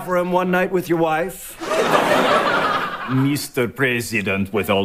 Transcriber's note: laughter